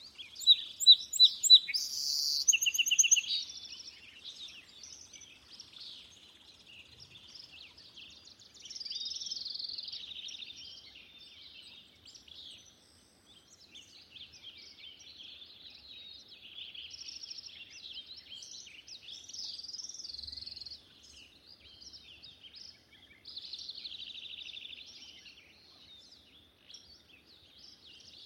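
Birdsong fills a swamp at dawn, with a loud burst of bright, rapid chirps in the first three seconds. After that, fainter high warbling and trills from birds continue almost without pause, rising and falling in phrases over a quiet, still background.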